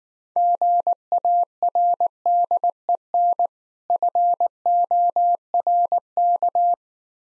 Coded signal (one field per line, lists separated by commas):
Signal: Morse code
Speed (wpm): 19 wpm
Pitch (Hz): 700 Hz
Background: none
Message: GARDEN FORK